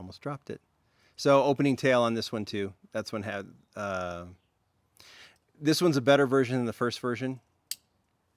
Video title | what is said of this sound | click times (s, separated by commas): Lamley Live Showcase: Matchbox Moving Parts 2023 E Case | nice click to it that's nice executed well | 7.7 s